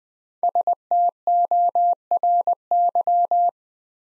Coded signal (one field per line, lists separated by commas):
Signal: Morse code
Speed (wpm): 20 wpm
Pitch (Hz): 700 Hz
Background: none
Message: STORY